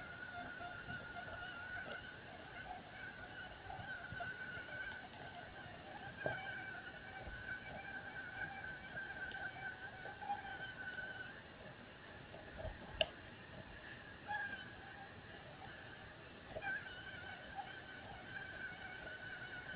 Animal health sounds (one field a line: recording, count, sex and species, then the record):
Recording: mosquito flight sound in a plastic cup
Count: one mosquito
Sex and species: female Aedes aegypti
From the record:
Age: 7 days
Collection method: oviposition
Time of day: 16:55